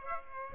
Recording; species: mosquito wingbeat signal from an infrared sensor; Aedes aegypti